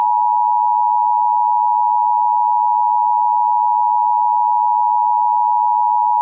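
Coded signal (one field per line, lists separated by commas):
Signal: Emergency Alert System (SAME) tones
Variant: 853 and 960 Hz attention tone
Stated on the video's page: Mock reenactment of a December thunderstorm warning for Laredo, containing valid EAS tones.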